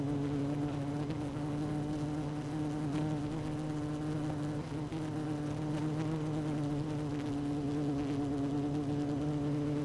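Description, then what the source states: A constant low honey bee buzz from inside a hive, smooth and unbroken, with faint clicks. Hive 1 with its queen, recorded 12 June 2018 at 16:30.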